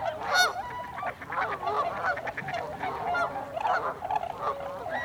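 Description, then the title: Tundra swan flock giving many overlapping high, bugling hoots, some calls clearer and louder above a steady background of constant honking. Recorded 26 December 2020; several swans. "2020-12-26-Tundra-Swans"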